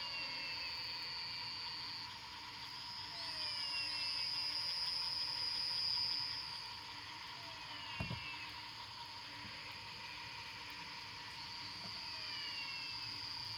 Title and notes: Nanawa &, PFVV+4JH, Fortín Arce, Luque 110917, Paraguay - sonidos de ranas después de la lluvia. grabación nocturna de las ranas